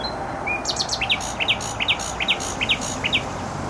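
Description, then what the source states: Nightingale song: a short whistle, then paired rising notes repeated about twice a second, with the dull wash of traffic behind. Singing in bushes close to a noisy motorway, Trasa Toruńska, Bródno-Podgrodzie, Warsaw, Poland; recorded with an Olympus LS-11.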